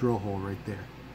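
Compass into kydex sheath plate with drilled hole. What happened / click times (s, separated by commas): The compass is being handled but has not clicked home yet / none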